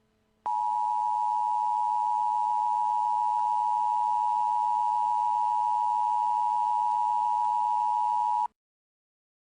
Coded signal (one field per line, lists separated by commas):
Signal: Emergency Alert System (SAME) tones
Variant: 853 and 960 Hz attention tone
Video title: EAS scenario: The Devil’s Bleeding Wrath (Clean?)